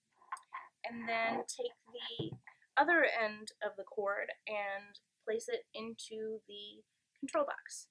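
A toothed-end warmer cable connector, clip facing out, is slid into the socket on a Stoelting stereotaxic warming base and clicks into place at about 0.3 s, showing it is connected and seated. After the click, someone talks while the other end of the cord goes into the Rodent Warmer control box.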